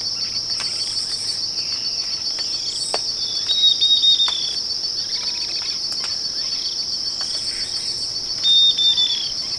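Bird calls, two bursts of high, level whistled notes with slight downslurs, over a steady high-pitched cricket trill and scattered faint chirps.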